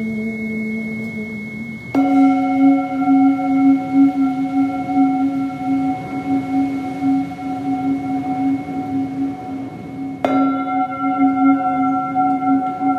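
Tibetan singing bowls ring in long sustained tones, with new strikes near two and ten seconds adding bright shimmering overtones over a low hum.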